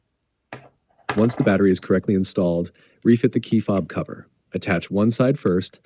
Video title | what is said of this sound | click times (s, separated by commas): Skoda Superb MK3 & Kodiaq Keyless Key Battery Replacement - CR2032 | then press it down with your finger and push it inward until it clicks into position. | 0.5 s